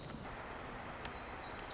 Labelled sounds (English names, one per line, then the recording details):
Black-throated Gray Warbler
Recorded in Sonoma County, California